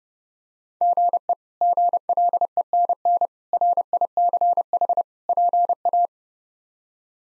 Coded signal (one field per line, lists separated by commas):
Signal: Morse code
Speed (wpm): 30 wpm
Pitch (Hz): 700 Hz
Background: none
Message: GE GLENN RICH PA